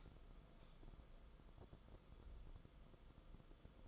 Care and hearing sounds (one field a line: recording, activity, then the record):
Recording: daily activity, microphone in the room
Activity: light on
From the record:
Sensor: 5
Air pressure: 994.5 hPa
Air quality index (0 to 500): 191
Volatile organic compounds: 1000 ppm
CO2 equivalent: 5635 ppm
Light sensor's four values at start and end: 22/56/23/26 and 23/59/24/28